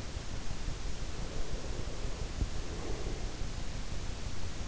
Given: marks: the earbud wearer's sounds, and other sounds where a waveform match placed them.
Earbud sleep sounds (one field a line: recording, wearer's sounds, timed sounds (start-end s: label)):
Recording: sounds in sleep by an in-ear microphone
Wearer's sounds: breath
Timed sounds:
1.14-3.43 s: breath